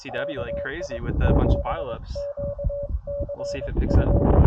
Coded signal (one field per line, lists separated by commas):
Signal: Morse code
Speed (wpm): 22 wpm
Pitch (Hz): 570 Hz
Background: speech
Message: KI7QCF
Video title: Back where it all started | CW POTA US-11191